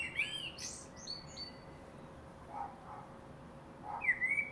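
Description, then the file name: Common blackbird giving a whistled phrase with a high squeaky ending, soft low mellow notes in the middle, and another bright phrase at the close, over faint hum. "Turdus merula"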